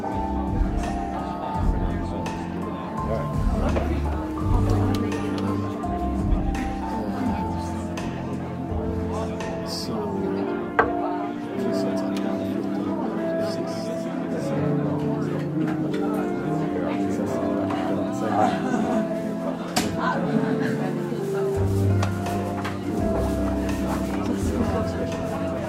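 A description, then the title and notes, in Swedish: Murmuring bar noise: a dense, steady wash of many overlapping voices with no single speaker standing out. Sharp clinks of glasses or dishes cut through now and then, most clearly around 11 and 20 seconds, over a low, continuous rumble. Baren. En timme sorlande barljud.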